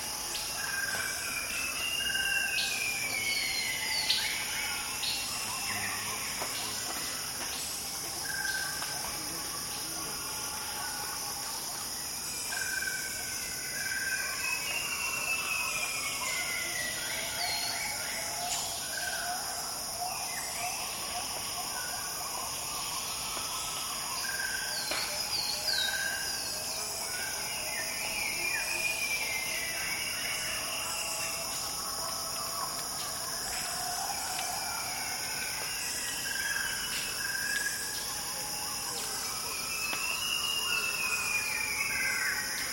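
A calm rainforest morning in Borneo, with birds calling and whistling all through, many overlapping at middle pitch. Steady high insect buzzing sits in several bright layers above them, and the overall level stays even from start to finish.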